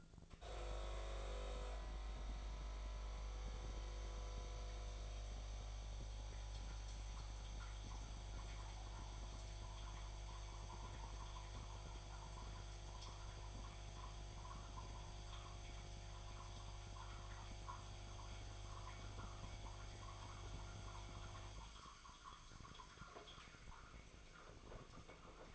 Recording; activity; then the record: daily activity, microphone in the room; make coffee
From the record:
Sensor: 5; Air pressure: 1000.4 hPa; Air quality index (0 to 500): 123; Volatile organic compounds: 2 ppm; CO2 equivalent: 979 ppm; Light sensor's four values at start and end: 91/213/91/99 and 89/210/90/98